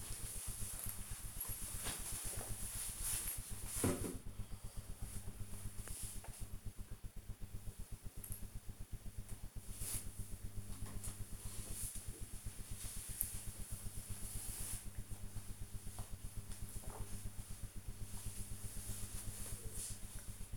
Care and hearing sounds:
household activities, microphone on the right wrist
9.72-20.57 s: drinking

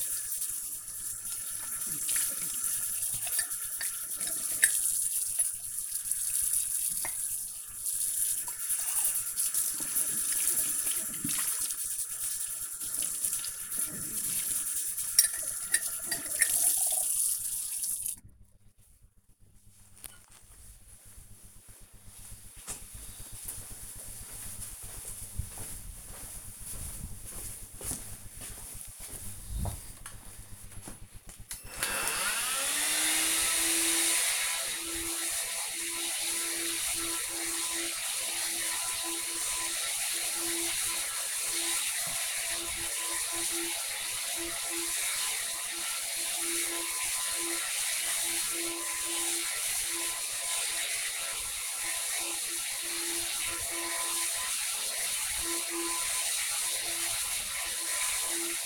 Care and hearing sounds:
household activities, microphone on the right wrist
0.00-17.87 s: washing dishes
28.96-58.66 s: vacuum cleaning

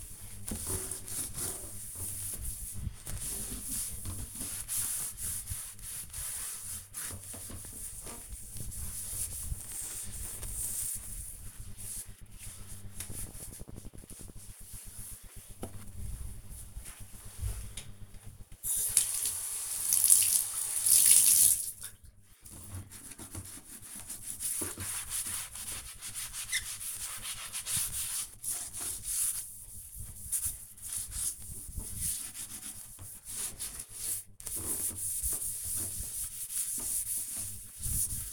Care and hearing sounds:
household activities, microphone on the right wrist
0.00-38.33 s: bathroom cleaning (bathtub)

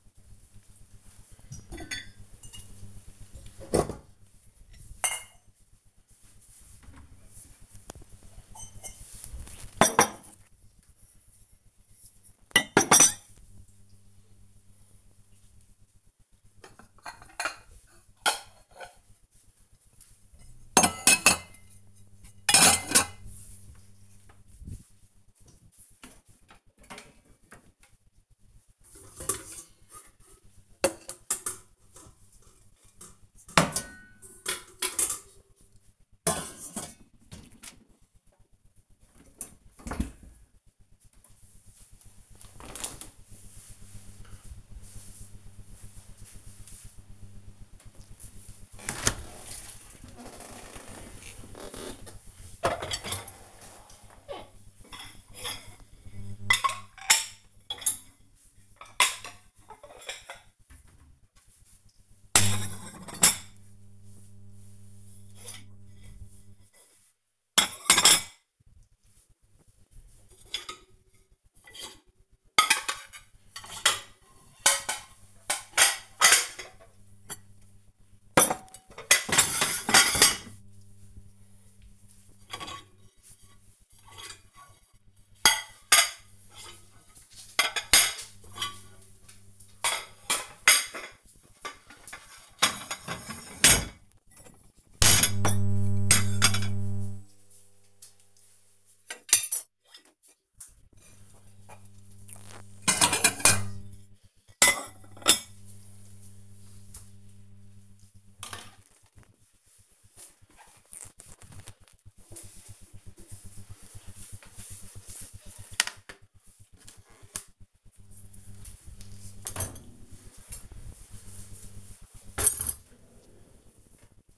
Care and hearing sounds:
household activities, microphone on the right wrist
0.00-40.39 s: putting away the dishes
47.42-124.38 s: cleaning out the dishwasher

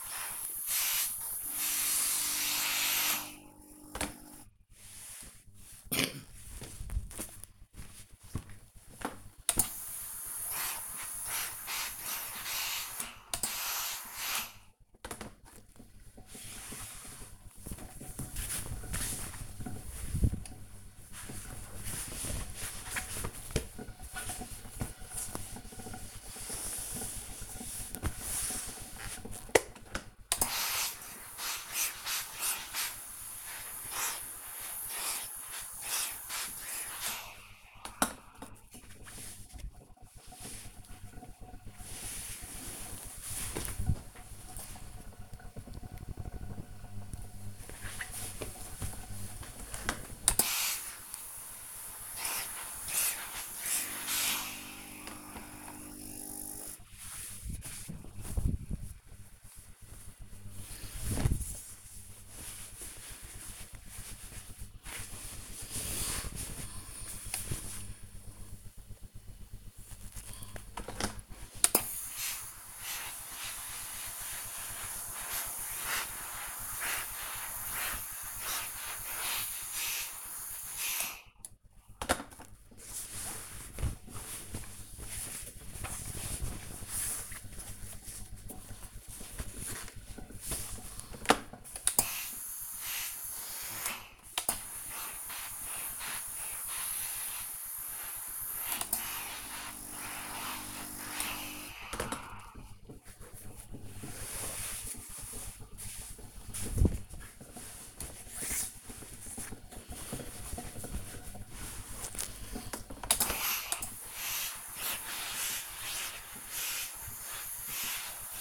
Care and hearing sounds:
household activities, microphone on the right wrist
0.00-118.41 s: ironing laundry

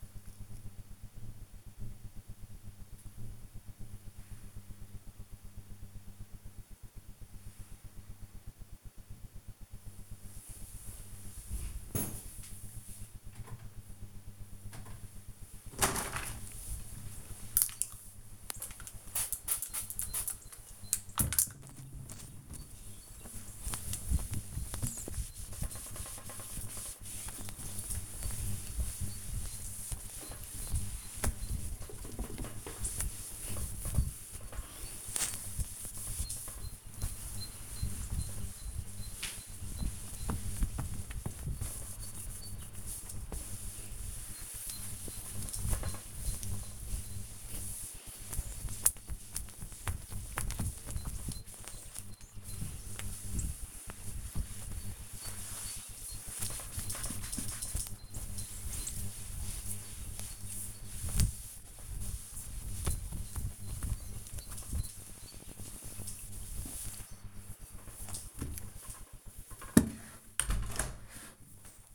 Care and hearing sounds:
household activities, microphone on the right wrist
14.69-68.12 s: window cleaning

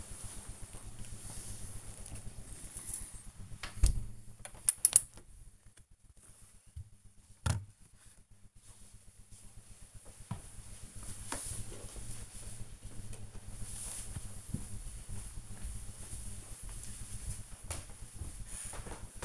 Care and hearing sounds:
household activities, microphone on the right wrist
0.00-6.71 s: window cleaning

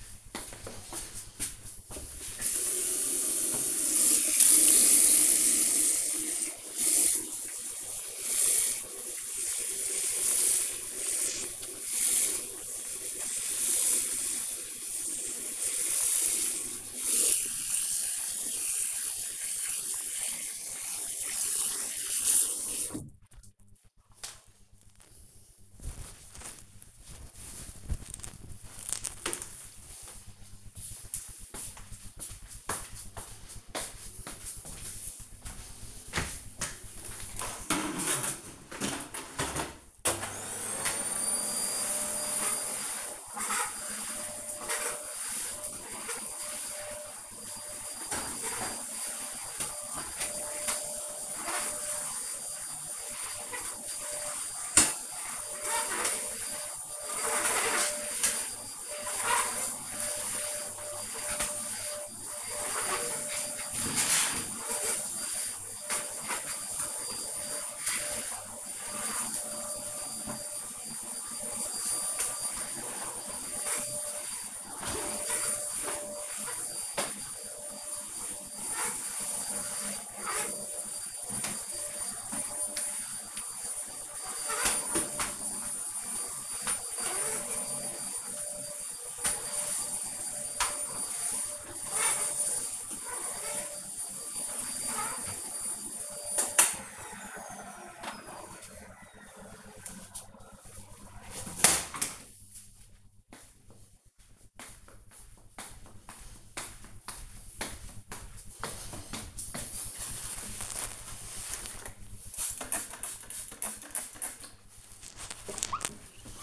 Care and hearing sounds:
household activities, microphone on the right wrist
2.42-23.50 s: washing hands
36.57-95.78 s: vacuum cleaning
110.84-116.43 s: window cleaning

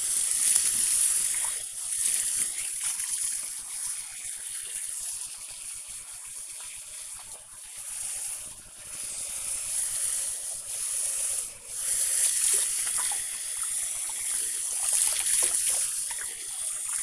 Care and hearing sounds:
household activities, microphone on the right wrist
0.00-17.03 s: washing hands

